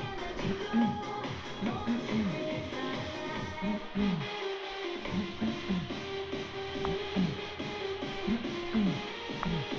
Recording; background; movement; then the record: throat clearing; music; sitting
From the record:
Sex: male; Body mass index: 20.5 kg/m2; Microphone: on the chest, facing outward